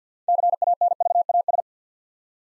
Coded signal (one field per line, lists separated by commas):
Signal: Morse code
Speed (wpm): 50 wpm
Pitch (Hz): 700 Hz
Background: none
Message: CANVAS